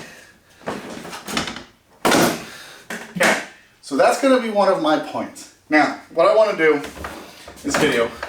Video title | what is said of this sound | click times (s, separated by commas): PACKOUT VS STACKPACK E1 : Did Flex Tools Copy Milwaukee Tool / PACKOUT MOD community --WIN THIS! | when you hear a click, | 2.0 s